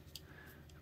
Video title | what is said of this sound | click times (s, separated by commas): Opening 2022 Matchbox Convoys Semi Sets - Tesla - Mustang - Skyjacker | believe so yeah it snaps into place | 0.2 s